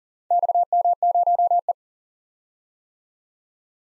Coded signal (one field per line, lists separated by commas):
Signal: Morse code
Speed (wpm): 42 wpm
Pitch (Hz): 700 Hz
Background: none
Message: XM0E